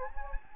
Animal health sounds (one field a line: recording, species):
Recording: mosquito wingbeat signal from an infrared sensor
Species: Anopheles gambiae